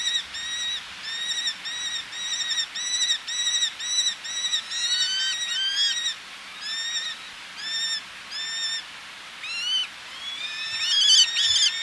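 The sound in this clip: Eleonora's falcon delivering an even series of nasal notes, becoming more irregular, with rising, squealing calls overlapping toward the end.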